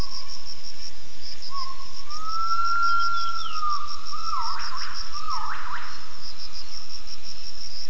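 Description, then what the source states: Gibbon call, a long steady whistled note rising slightly, then sharp swooping upward whistles, over a constant pulsing insect drone. Recording used for acoustic triangulation of gibbon vocalisations.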